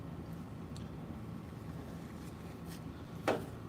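A hub nut on an axle spindle, tightened all the way, is backed off to set the bearing. Over a steady low-frequency background hum, a faint tick comes at 0.8 s, then a sharp, bright pop at 3.3 s. That pop is the hub nut releasing, confirming the bearing is set.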